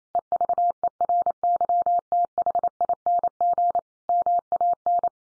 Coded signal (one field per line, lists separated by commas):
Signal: Morse code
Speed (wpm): 28 wpm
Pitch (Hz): 700 Hz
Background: none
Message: EVERYTHING MAN